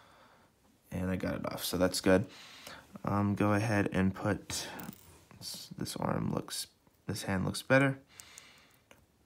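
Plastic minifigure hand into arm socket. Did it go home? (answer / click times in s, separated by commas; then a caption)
yes / 8.2 s, 8.9 s. Someone talks while pressing a plastic hand onto the arm socket of a knock-off brick minifigure. Sharp snaps are heard at 8.2 s and 8.9 s as the hand seats onto the arm, and the arms are done.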